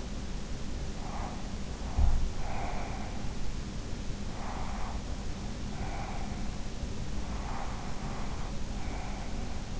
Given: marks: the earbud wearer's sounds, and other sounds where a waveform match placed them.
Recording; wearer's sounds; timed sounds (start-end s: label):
sounds in sleep by an in-ear microphone; breath
1.08-3.49 s: breath
1.82-2.43 s: sound from someone else or the room
4.29-6.66 s: breath
7.21-9.79 s: breath